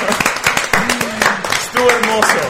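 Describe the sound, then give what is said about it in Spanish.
A short burst of applause: quick, uneven hand claps from a small group, with voices talking and calling out over the clapping. “Un aplauso, sí.”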